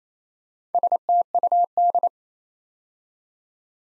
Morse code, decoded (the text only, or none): STUD